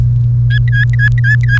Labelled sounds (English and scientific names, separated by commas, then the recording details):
Domestic Canary (Serinus canaria) song
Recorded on 30 April 2018 at 15:24
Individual llb3